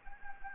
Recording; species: mosquito wingbeat signal from an infrared sensor; Anopheles arabiensis